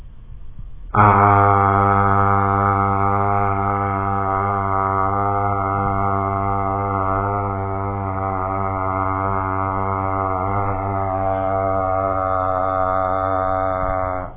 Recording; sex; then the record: sustained vowel /a/; male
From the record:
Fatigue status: no fatigue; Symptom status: symptomatic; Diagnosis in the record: COVID-19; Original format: 3gp